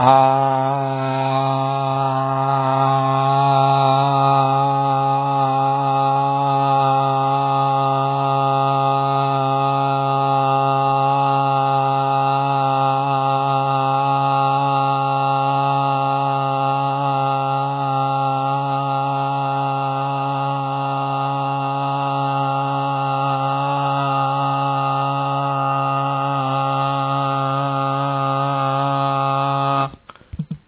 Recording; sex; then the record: sustained vowel /a/; male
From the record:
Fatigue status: no fatigue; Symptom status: asymptomatic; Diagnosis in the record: COVID-19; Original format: 3gp